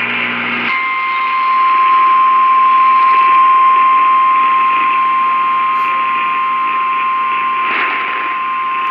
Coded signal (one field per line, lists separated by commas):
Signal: Emergency Alert System (SAME) tones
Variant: 1050 Hz attention tone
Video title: TOR AFTER TOR... EAS Alerts from 11/5/18 - 11/6/18 (EAS #1,900 - 1,922)